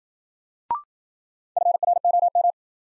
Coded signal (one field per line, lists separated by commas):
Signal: Morse code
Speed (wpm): 53 wpm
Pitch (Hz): 700 Hz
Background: none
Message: FROM